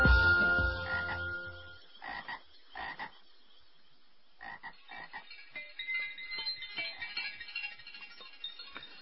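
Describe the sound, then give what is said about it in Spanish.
Frogs croak in a dense, overlapping chorus of rapid, rattling calls, with a few louder bursts standing out early on before the steady pulsing chatter fills the rest. “ocurrió cuando ya las ranas llevaban muchos millones y millones de años en el mundo, desde aquel lejano día en que el canto de la primera rana rompió el silencio del universo.”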